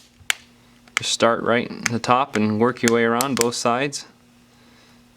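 A plastic battery back cover is pressed onto a Samsung Galaxy S4 smartphone body starting at the top, giving one sharp, loud snap at 0.3 s as it seats. Someone then talks.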